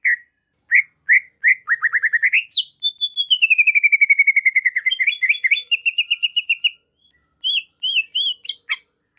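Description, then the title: Greater green leafbird song opening with spaced chips, rising into a rapid trill, a long descending trill and a buzzy high trill, then slurred notes. Masteran (tutor song for training other birds) and pancingan (provoking song) of a gacor (vigorously singing) bird. "Masteran & Pancingan Cucak Ijo Gacor"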